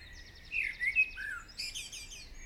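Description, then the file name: Bird song, a quick burst of clear whistled notes followed by a rapid buzzy trill. Morning birdsong. "Chants Oiseaux du Matin"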